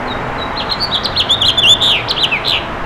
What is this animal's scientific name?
Haemorhous mexicanus